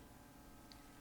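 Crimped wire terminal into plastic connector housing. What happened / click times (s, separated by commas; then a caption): The terminal is being handled but has not yet seated in its housing / none. A second crimped wire terminal is turned the right way up to match the square in the mating plastic connector housing and pushed toward it. Only quiet handling noise is heard over a steady low hum, with a single faint, brief high tick at 0.7 s. Nothing has seated or clicked into the housing yet.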